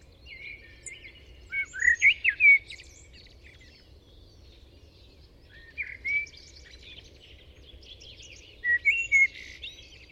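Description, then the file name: Common blackbird, three separate warbled phrases, each a short run of fluty notes ending in higher twittering, with quiet pauses between. "Turdus merula"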